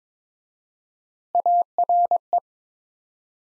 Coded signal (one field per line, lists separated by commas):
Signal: Morse code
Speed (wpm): 22 wpm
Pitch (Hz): 700 Hz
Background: none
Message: ARE